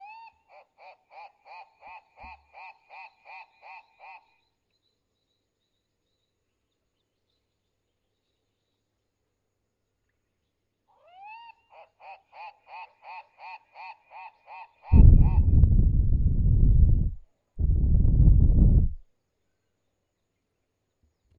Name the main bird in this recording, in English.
White-crested Turaco